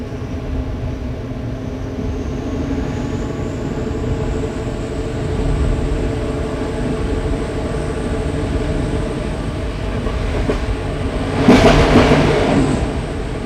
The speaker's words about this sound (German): Und wie der Zug durch die Wälder jagt. An Dörfern und Tümpeln vorbei.